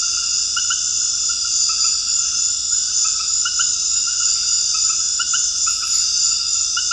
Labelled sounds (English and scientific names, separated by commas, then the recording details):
none
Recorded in dense forest near Puerto Asís, Putumayo, Colombia, on 18 February 2024 at 21:00
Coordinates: 0.485, -76.325
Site G6429